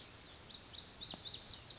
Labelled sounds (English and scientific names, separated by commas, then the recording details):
Lazuli Bunting (Passerina amoena)
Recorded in Sonoma County, California